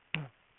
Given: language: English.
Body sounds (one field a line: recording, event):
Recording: throat vibration sensor signal played as sound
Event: throat clearing